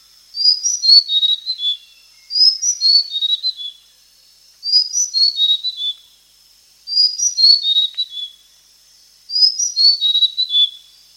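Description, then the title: Blue-crowned hanging parrot giving high, thin whistled phrases, each a cluster of sharp descending notes, five phrases repeated every couple of seconds; no other sounds. "SERINDIT"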